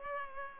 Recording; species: mosquito wingbeat signal from an infrared sensor; Culex pipiens